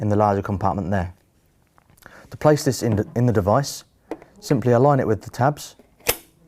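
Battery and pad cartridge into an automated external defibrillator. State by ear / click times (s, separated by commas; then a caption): seated / 6.1 s. Someone talks while a combined battery and electrode pad cartridge, with the battery at the bottom and the pads in the larger compartment, is aligned with the tabs and pushed into the body of a HeartSine 350P automated external defibrillator. A loud, sharp plastic snap at 6.1 s shows the cartridge clicking home and seating.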